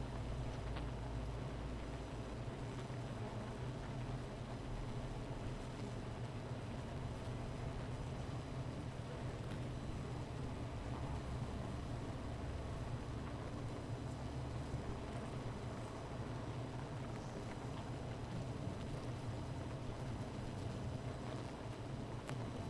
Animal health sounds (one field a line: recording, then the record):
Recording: honeybee colony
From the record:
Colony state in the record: missing queen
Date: 14 July 2017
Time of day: 16:11